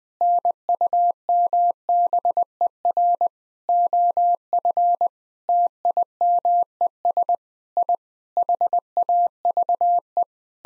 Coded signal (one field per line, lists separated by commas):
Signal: Morse code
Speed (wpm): 20 wpm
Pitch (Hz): 700 Hz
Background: none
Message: NUMBER OF TIMES I HAVE